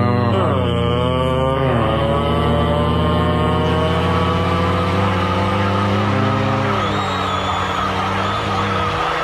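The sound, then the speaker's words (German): A car drives toward Lower Austria, Austria, with a loud, steady engine hum whose pitch climbs and drops as it accelerates and shifts gears, continuous for the whole stretch with no voices. “Okay, ich rufe ein Taxi und kauf schnell ein Auto.”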